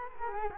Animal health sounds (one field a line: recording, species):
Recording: mosquito wingbeat signal from an infrared sensor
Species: Culex quinquefasciatus